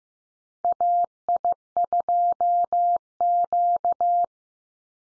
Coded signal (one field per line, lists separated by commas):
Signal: Morse code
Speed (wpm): 15 wpm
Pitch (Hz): 700 Hz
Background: none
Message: AI2Q